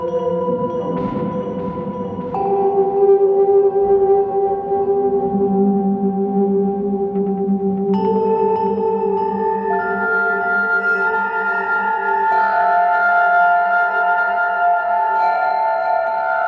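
Bronze bells and a gong ring in long, overlapping sustained tones, with new strikes near 2, 8, 10 and 12 seconds layering brighter pitches.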